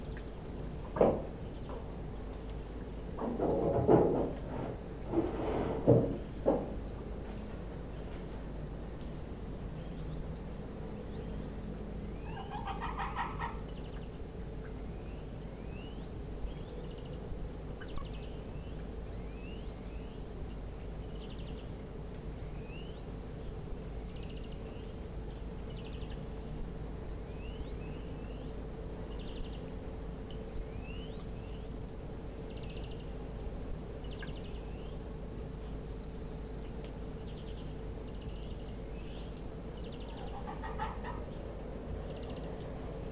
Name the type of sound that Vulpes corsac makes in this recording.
barking